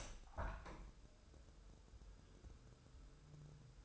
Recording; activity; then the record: daily activity, microphone in the room; open window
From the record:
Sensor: 2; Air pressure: 1014.8 hPa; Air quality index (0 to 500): 28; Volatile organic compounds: 1 ppm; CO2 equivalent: 519 ppm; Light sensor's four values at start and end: 8/19/8/8 and 9/20/8/8